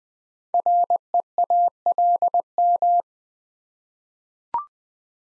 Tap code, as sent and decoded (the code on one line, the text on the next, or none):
none